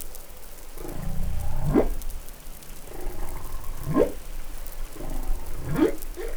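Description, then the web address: Humpback whale song: three rising upsweeps about two seconds apart, each climbing from a low rumble, with crackling sea noise throughout. Recorded off New Caledonia in the Pacific on 20 July 2013. "SOUNDLIB Glotin etal MEDsea Arctiqueet Pacific Baleinea Bosse Nouvelle Caledonie 20130720 Glotin"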